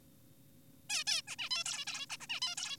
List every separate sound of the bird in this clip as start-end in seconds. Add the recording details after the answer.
0.90-1.04, 1.07-1.22, 1.28-1.36, 1.39-1.49, 1.51-1.64, 1.66-1.85, 1.87-2.06, 2.10-2.17, 2.20-2.27, 2.30-2.40, 2.42-2.55, 2.58-2.77. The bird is an adult. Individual g4p5U